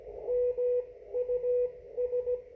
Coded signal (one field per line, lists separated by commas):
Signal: Morse code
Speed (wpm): 16 wpm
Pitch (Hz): 490 Hz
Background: radio noise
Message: MUS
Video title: 1 watt CQ and CW (Morse code) ham amateur radio conversation 2020-11-24, 17:07 UTC